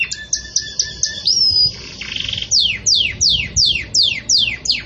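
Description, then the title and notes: Belgian canary delivering clipped high notes and a rising whistle, then a buzzy phrase and a regular series of loud downward-swept notes, about three per second. Pure "campainha" song style, with pauses, for training. "Canto Canário Belga Campainha Puro Com Pausa Para Treinamento. CANARIO BELGA"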